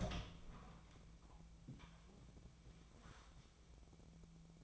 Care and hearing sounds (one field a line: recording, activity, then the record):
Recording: daily activity, microphone in the room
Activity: open door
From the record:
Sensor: 1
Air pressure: 1000.5 hPa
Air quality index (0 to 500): 183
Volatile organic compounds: 4 ppm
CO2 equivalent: 1688 ppm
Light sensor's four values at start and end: 13/32/13/15 and 14/33/14/16